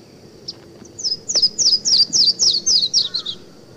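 Yellow-throated warbler: a fast cascade of about ten clear, high down-slurred whistles, falling in pitch, with a brief lower whistled note near the end.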